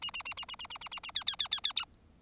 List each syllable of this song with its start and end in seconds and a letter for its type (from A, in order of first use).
0.02-0.11 A, 0.14-0.23 A, 0.25-0.34 A, 0.37-0.45 A, 0.48-0.56 A, 0.59-0.67 A, 0.70-0.78 A, 0.81-0.89 A, 0.91-1.00 A, 1.03-1.11 A, 1.15-1.24 B, 1.26-1.36 B, 1.39-1.48 B, 1.51-1.60 B, 1.63-1.73 B